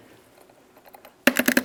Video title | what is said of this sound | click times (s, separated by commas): How to Replace Fuel Level Sensor 1994-2002 Dodge Ram 2500 | while pressing I could hear an audible click where this fell right into the proper position | 1.3 s